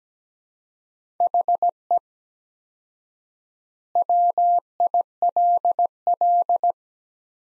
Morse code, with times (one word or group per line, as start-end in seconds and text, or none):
1.2-2.0 HE
4.0-6.7 WILL